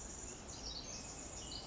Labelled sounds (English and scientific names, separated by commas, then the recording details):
Pacific Wren (Troglodytes pacificus)
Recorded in Sonoma County, California